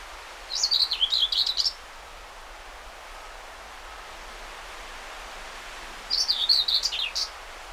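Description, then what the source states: Common whitethroat singing two brief, hurried scratchy warbles, one at the start and another about five seconds later, over a soft steady hiss. Recorded 20 May 2009.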